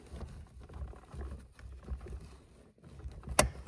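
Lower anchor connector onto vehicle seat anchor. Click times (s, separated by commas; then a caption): 3.4 s. The second lower anchor connector on the belt of a Baby Jogger City Turn car seat base is pushed onto the vehicle's seat anchor on the other side. Low fumbling rustles and scrapes run for the first few seconds. At 3.4 s it latches with a loud, sharp click, and the connector is seated.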